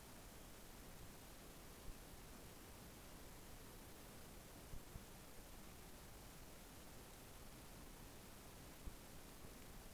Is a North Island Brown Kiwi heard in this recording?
no